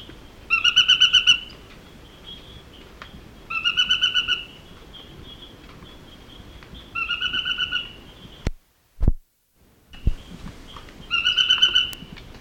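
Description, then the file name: Narino tapaculo calling: four short bursts of rapid, evenly pulsed notes, each under a second, spaced about three to four seconds apart, with a brief silent break near the end. "Scytalopus vicinior - Narino Tapaculo"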